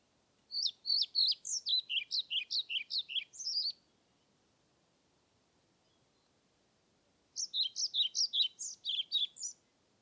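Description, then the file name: European Pied Flycatcher song: two bursts of quick, high, sweet notes, roughly a dozen each, the first lasting three seconds, the second starting after a pause of about four seconds. Submitted recording, dated 25 May 2021, from Nordvik; made with a Zoom recorder. "20210525 svarthvit nordvik zoom"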